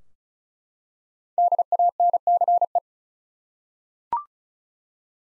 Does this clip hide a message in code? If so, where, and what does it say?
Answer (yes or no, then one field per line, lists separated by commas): yes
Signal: Morse code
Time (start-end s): 1.4-2.8 s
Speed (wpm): 34 wpm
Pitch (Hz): 700 Hz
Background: none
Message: DANCE